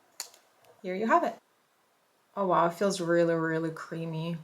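Someone twists the bottom of a refillable plastic lipstick case so the lipstick refill bullet pops out with a sharp click at 0.2 s, followed by a couple of faint ticks. Someone then talks, and the refill is released from the case.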